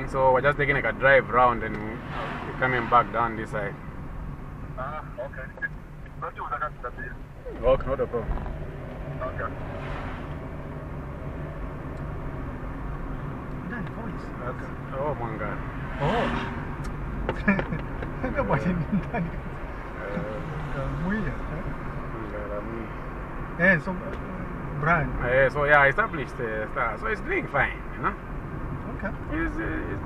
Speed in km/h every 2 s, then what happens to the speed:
32, 29, 22, 13, 18, 27, 33, 34, 34, 36, 40, 42, 42, 40, 36.
0-7 slows to 13. 7-13 speeds up to 34. 17-22 speeds up to 42. 22-30 slows to 36.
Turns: none.